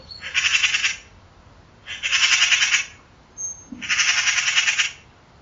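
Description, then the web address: Bird giving three long, harsh, buzzy calls, each about a second long and roughly two seconds apart. Call class labelled "Pi Pi Pi Pi" in a 2025 bird-only dataset. "Bird Only More Classes Pi Pi Pi Pi"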